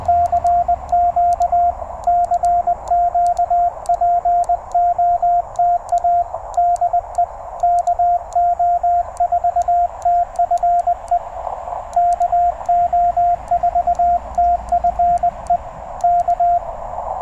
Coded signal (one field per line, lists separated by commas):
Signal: Morse code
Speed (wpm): 20 wpm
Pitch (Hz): 690 Hz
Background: radio noise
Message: CQ CQ POTA DE KO4TFE KO4TFE K